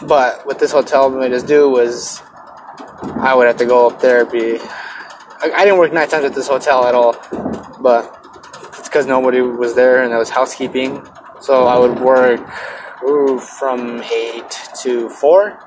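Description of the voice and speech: An adult man talks casually in a quiet, car-like space. His speech has a repeated word ("I, I"), stretched and held sounds on "work" and "from eight to four", and frequent pauses. These are mild stuttering disfluencies, with repetitions, prolongations and brief blocks.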